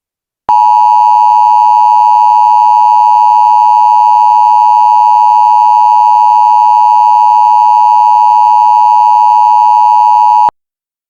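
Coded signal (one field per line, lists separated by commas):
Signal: Emergency Alert System (SAME) tones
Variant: 853 and 960 Hz attention tone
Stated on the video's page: Fictional EAS scenario, not a real alert.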